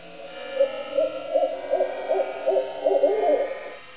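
Owl hooting, a steady series of about eight low soft hoots.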